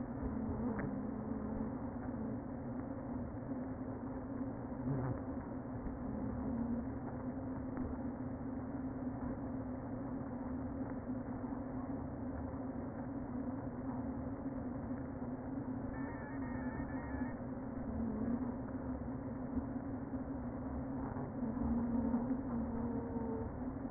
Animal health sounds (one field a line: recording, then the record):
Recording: honeybee colony, microphone inside the hive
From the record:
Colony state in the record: queen present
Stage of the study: before two queens were removed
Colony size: about 60,000 bees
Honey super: yes